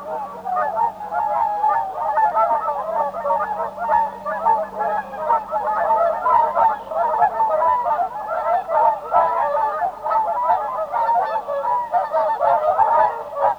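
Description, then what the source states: Chorus of Whooper Swans, a constant babble of loud nasal bugling notes from many birds, calls overlapping without pause for the whole stretch. Field recording from Sweden.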